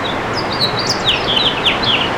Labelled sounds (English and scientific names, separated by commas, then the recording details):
House Finch (Haemorhous mexicanus) song
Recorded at Merrick on Long Island, New York, on 17 May 2013
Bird D